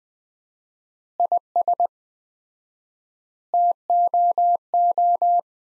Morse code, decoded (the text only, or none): IS TOO